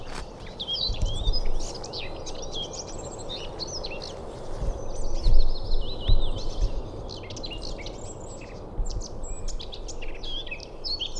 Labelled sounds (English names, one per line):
Eurasian Blackcap song